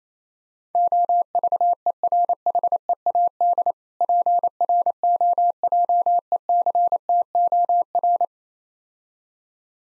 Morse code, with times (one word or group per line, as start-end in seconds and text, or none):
0.8-3.7 OVERHEAD
4.0-8.3 PROJECTOR